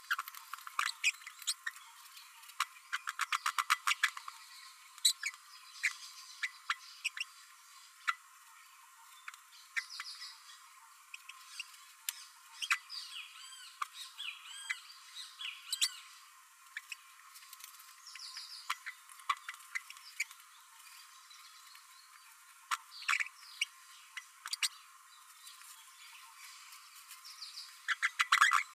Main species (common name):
Green-rumped Parrotlet